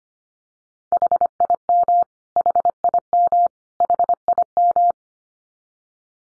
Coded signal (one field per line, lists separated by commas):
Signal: Morse code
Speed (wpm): 25 wpm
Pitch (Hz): 700 Hz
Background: none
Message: HIM HIM HIM